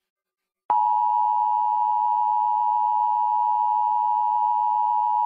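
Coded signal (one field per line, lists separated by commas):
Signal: Emergency Alert System (SAME) tones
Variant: 853 and 960 Hz attention tone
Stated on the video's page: Fictional EAS scenario story.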